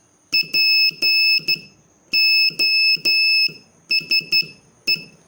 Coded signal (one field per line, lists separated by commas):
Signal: Morse code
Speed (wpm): 12 wpm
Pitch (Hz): 2600 Hz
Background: none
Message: POSE